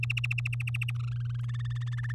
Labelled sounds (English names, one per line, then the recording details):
Domestic Canary song
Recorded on 8 May 2018 at 05:36
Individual llb16